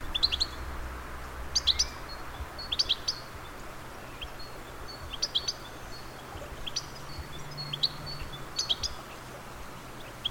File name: Carduelis carduelis